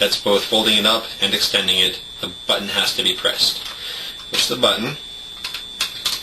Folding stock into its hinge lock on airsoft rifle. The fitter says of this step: let it swing out it's going to click into place there you fold this part